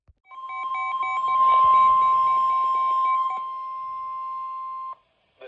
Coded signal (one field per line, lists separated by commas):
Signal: Emergency Alert System (SAME) tones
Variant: 1050 Hz attention tone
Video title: A Bit of Dis & Dat. | EAS Alerts from 8/16/26